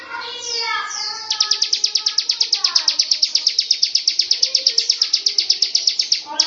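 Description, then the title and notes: Bird gives a clear descending warbled phrase at the start, then a loud rapid high pulsed buzzing takes over, with faint lower warbles continuing beneath. "Bird Sound. Kicau Burung Lengkap"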